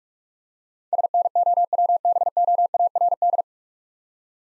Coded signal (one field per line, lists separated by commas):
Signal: Morse code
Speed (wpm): 44 wpm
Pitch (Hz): 700 Hz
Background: none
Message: SNOWBOARD